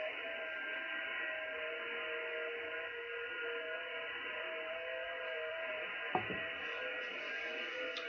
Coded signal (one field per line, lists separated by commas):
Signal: FT8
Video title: Live Shortwave radio show Friday January 4th 2019